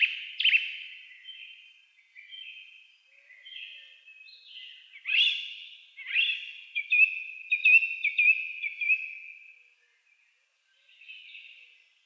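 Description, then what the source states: Song thrush singing a string of short, varied whistled phrases, some sharp and clipped, some repeated rapidly, ending with a brief soft twitter after a pause. Recorded 28 April 2010 with a DAT recorder.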